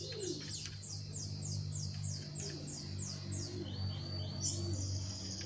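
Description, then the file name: Belgian canary song: a series of quick descending whistled notes, then a sustained higher trill, set against a steady low hum. Song of a copper-coloured Belgian canary. "canto do canario belga cobre"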